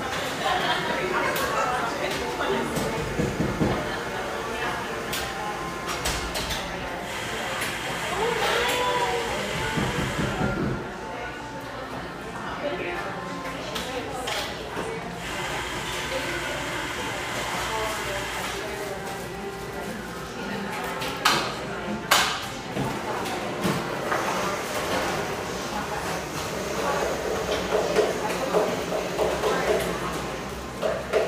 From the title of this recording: Pearl District, Portland, Oregon